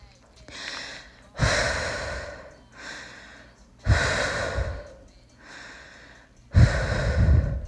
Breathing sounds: deep breathing after running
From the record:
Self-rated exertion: vigorous exertion (4 of 6); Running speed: 6 miles an hour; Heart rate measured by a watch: 152 beats a minute at the start, 150 at the end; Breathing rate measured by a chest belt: 24 breaths a minute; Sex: female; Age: 18 years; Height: 171 cm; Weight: 75 kg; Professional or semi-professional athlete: no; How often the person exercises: 1 to 2 times a week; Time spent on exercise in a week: under 1 hour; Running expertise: no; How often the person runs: 1 to 2 times a week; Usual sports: running, fencing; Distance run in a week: 3 km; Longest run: 21.3 km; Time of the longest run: 190 minutes

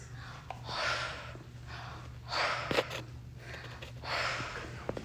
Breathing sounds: deep breathing after running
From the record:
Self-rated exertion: light exertion (2 of 6); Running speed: 6 miles an hour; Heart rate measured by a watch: 96 beats a minute at the start, 97 at the end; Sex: female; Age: 53 years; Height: 159 cm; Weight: 47 kg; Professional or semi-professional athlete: no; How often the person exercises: under once a week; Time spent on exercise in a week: 1 to 2 hours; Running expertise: no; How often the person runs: under once a week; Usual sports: running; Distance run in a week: 5 miles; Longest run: 42 km

